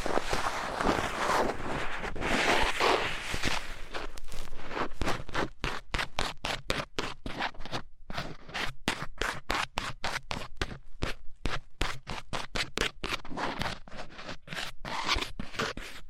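Ear cleaning with dense scratchy rustling at first, then rapid, regular crackling taps from about five seconds, bright and fast throughout.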